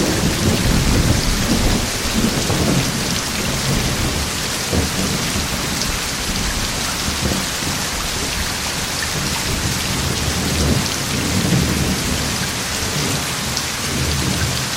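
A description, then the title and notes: Steady heavy rain hisses across the whole clip, dense and even, with drops drumming on a surface. Deep thunder rumbles low underneath, swelling in rolling waves around the first few seconds and again near eleven to thirteen seconds. Deep Thunder Sounds and Rain Sounds.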